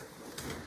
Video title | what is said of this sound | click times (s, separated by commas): Bugaboo Strollers: How to Fold | it will click in place you can snap it up right adjust the canopy and so on so | 0.4 s